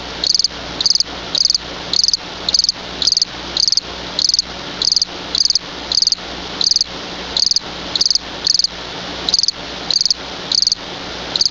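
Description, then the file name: Field cricket giving a long run of rhythmic chirps, each a quick cluster of pulses, recurring roughly every half second with faint hiss behind. "Grillo (Gryllus campestris)"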